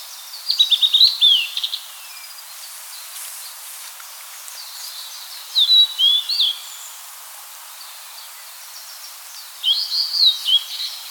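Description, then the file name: Blue-and-white flycatcher singing three clear whistled phrases about four to five seconds apart, each a quick series of high slurred notes, over faint hiss. Recorded on 2 May 2017 at 05:28. "Cyanoptila cyanomelana"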